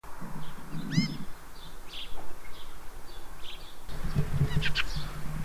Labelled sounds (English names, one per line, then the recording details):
Fieldfare call
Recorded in the wild
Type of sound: call
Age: adult
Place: Zepernick, Barnim, Brandenburg, DE
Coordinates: 52.6497, 13.5433
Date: 2005-02-26 13:20
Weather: overcast, 0°C, weak winds
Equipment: Tascam DA-P1, Telinga Pro 5 (phantomgespeist)
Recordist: Frommolt, Karl-Heinz
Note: Am Mühlenberg, Baseler Straße: bei Nahrungssuche. Ein Ruf und ein Schackern. Entfernung 10 m. Tiere gesehen